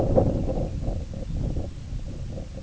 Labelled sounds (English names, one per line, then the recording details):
Semipalmated Sandpiper
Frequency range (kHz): Semipalmated Sandpiper 2.1-3.4 kHz
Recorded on Arctic tundra, site IGLO-A, on 20 June 2018
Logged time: 07:59